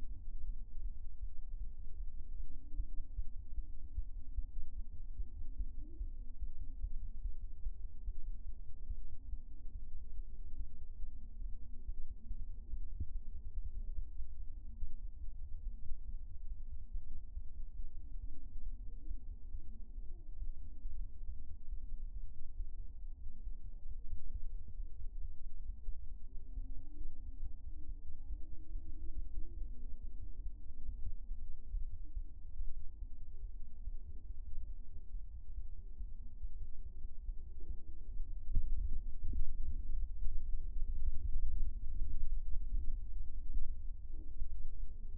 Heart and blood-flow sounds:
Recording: fetal heart sounds by stethoscope on the mother's abdomen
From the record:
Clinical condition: abdominal pain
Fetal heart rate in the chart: 145 bpm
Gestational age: 36 weeks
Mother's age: 19 years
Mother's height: 153 cm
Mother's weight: 63 kg

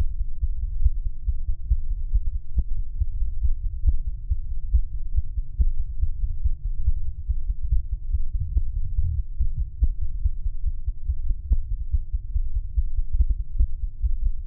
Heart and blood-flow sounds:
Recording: fetal heart sounds by stethoscope on the mother's abdomen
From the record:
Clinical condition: bleeding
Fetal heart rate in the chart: 148 bpm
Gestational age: 34 weeks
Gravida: 3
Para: 1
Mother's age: 23 years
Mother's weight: 49 kg

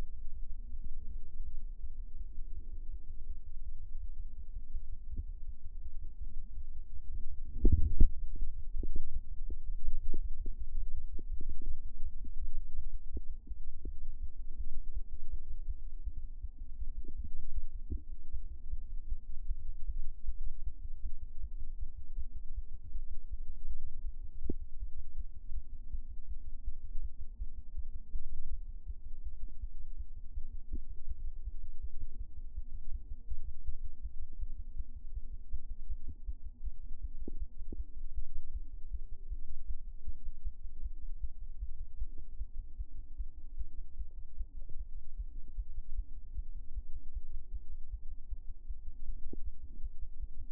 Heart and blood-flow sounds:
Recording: fetal heart sounds by stethoscope on the mother's abdomen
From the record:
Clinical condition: term gestation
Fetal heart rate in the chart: 156 bpm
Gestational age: 40 weeks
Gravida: 2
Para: 1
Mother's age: 27 years

